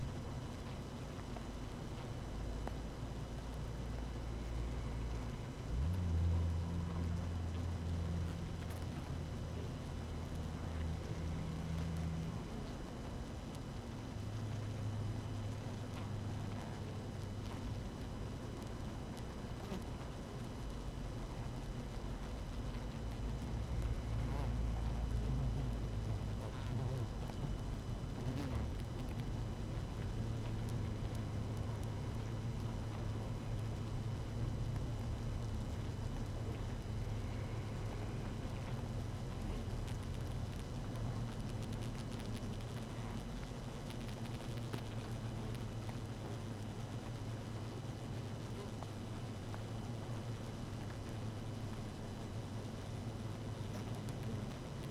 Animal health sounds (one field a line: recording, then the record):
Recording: honeybee colony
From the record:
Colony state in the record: active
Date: 12 June 2018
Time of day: 6:40